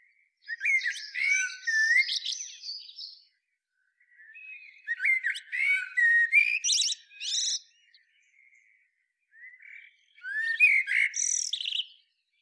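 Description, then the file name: Common blackbird giving three separate song phrases a few seconds apart, each a mellow low warble running into high, squeaky, jumbled twittering. "Turdus merula"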